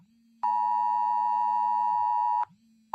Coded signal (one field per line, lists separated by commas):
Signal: Emergency Alert System (SAME) tones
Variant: 853 and 960 Hz attention tone